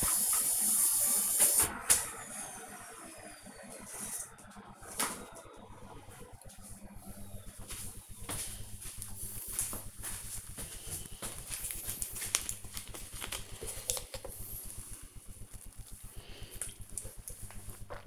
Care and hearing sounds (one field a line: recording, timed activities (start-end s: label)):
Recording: household activities, microphone on the right wrist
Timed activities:
0.00-1.68 s: vacuum cleaning
10.74-18.07 s: drinking